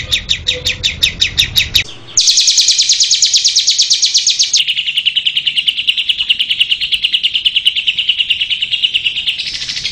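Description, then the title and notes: Lovebird chirping in spaced high pulses, then switching to a loud, fast, buzzy trill that drops slightly in pitch and continues steadily. Masteran (tutor audio) for training other birds to sing. "Suara Burung Lovbred Buat Masteran"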